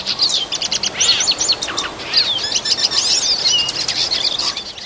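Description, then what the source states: Hooded Siskin singing a rapid, jumbled run of high twitters and thin whistled slurs. Fast song much appreciated by breeders; talented mimic; males sing more to attract the female; occurs in almost all of Brazil except the Amazon and Northeast.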